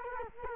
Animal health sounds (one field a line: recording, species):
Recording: mosquito wingbeat signal from an infrared sensor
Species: Culex quinquefasciatus